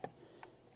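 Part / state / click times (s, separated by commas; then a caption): float housing into pool water leveler canister / seated / 0.0 s, 0.4 s. A plastic float housing is dropped back into the canister of an A&A pool water leveler and pinched in by its small wings until it locks in place. Two faint, short ticks are heard at 0.0 s and 0.4 s against a quiet background, and the housing is seated.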